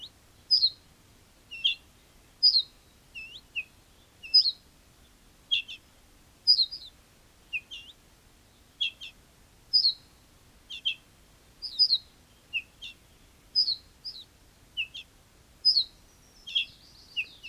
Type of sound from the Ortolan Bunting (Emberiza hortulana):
alarm call